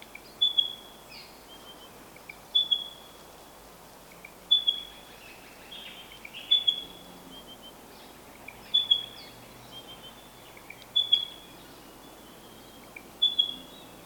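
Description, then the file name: Spotted pardalote calls: short high piping notes repeated about every two seconds, steady and clear over a soft background hiss. "Pardalotus Punctatus"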